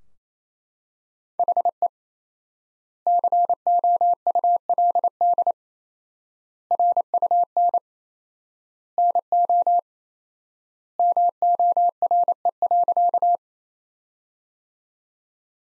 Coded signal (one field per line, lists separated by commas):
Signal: Morse code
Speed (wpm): 28 wpm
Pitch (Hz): 700 Hz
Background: none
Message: HE COULD RUN NO MORE.